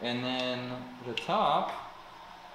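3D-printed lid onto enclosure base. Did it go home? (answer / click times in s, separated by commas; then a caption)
no / none. The 3D-printed top lid of an enclosure for a small single-board computer is handled over its base while someone talks. A brief tick-like sound comes through around 1.2 s, but the lid has not seated or clicked yet.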